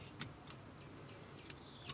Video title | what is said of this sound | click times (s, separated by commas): How to add amplifier (s) to your Toyota Tundra w/ JBL & keep your stock stereo. ReCurve EZQ Part 1 | and you'll hear it click at that point you've tapped into the wire so that gives us access to that signal | 1.5 s